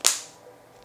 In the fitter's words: wait for those satisfying clicks and it is nicely and quickly installed